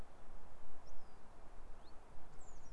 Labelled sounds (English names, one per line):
Common Chiffchaff